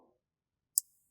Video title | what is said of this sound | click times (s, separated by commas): Watch how to make the Meadow Bracelet by Fusion Beads | There we go. When you hear that nice snap, you know it's nice and good there. | 0.8 s